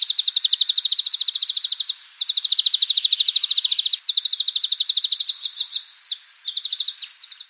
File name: Chloris chloris